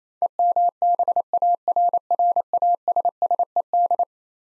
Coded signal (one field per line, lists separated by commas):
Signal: Morse code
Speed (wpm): 27 wpm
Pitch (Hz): 700 Hz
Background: none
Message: EMBARRASSED